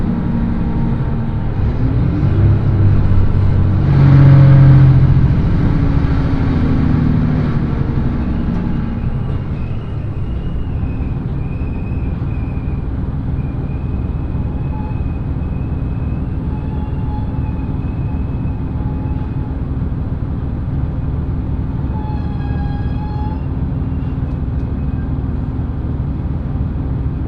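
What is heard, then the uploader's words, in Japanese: A steady low rumble of a train on the Echigo Tokimeki Railway, riding from Takada toward Naoetsu and Itoigawa. A louder swell around four to seven seconds, with a droning tone, then an even running roar and faint thin squeals near twenty-three seconds. 耳で楽しむ鉄道旅 えちごトキめき鉄道 高田→直江津→糸魚川。ディーゼルカー1両で足りてしまいます。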